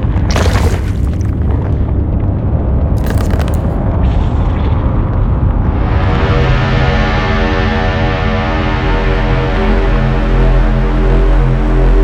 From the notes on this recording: organic textures, command center ambiences, interior and machine background sounds, explosions and debris, beep and interface sounds, alien mothership textures